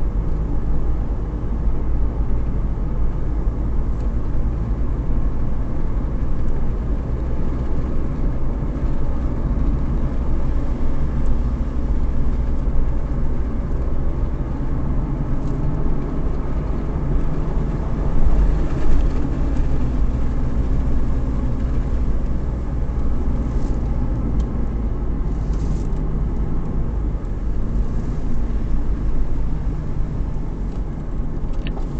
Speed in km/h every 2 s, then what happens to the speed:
41, 42, 44, 47, 48, 48, 48, 52, 56, 46, 45, 44, 42, 40, 38, 36.
0-12 steady at about 47. 12-16 speeds up to 56. 16-32 slows to 36.